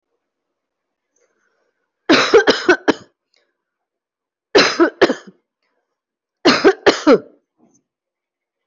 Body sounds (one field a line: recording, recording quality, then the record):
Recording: heavy voluntary cough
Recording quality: excellent, no background noise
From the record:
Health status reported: healthy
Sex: female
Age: 49 years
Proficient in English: yes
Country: India